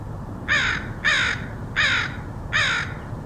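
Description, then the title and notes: Crow uttering four harsh caws with a quiet low hum behind. Crows recorded in Portland, Oregon, in August 2003. "Crows of Portland. Crows recorded by Dan Bodah in Portland, OR, August 2003"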